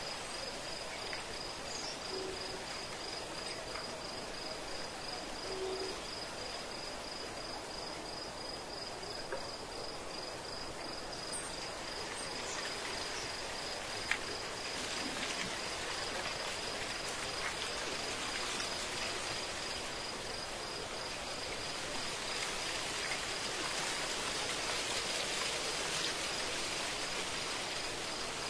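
Night insects chirr steadily in a high, even tone over a dense rain-like hiss that thickens after midway, with one sharp tap around fourteen seconds.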